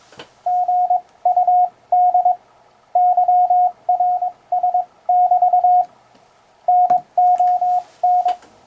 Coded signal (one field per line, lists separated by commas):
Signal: Morse code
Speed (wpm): 22 wpm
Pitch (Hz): 720 Hz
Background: radio noise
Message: GUD YRS <BT> NON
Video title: Morse Code and Ham Radio